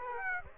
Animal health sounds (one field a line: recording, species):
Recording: mosquito wingbeat signal from an infrared sensor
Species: Aedes aegypti